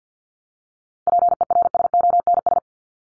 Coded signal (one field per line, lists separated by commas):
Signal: Morse code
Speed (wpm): 50 wpm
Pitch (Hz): 700 Hz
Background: none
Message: PERSONS